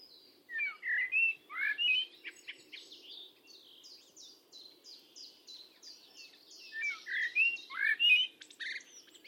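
Bird calls: bright whistled chirps in short clusters, with a fast run of thin, high ticking notes in the middle, over a steady low hum.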